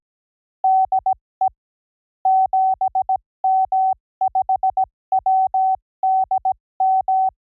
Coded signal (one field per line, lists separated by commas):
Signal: Morse code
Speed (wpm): 17 wpm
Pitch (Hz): 760 Hz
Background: none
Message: DE 7M5WDM